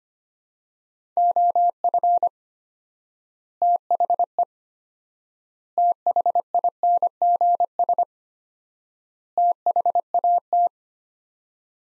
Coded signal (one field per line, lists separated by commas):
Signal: Morse code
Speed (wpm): 25 wpm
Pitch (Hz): 700 Hz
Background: none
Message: OF THE THINGS THAT